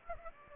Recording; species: mosquito wingbeat signal from an infrared sensor; Aedes aegypti